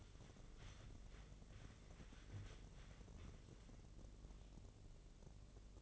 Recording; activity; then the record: daily activity, microphone in the room; wipe stove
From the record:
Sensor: 4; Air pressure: 1013.2 hPa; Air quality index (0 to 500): 176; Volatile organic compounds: 2 ppm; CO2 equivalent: 1108 ppm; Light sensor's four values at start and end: 99/248/102/108 and 99/248/102/108